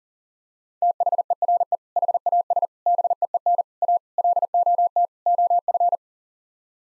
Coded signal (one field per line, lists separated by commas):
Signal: Morse code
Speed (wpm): 40 wpm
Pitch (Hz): 700 Hz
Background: none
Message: THERE HAS BEEN A LOT OF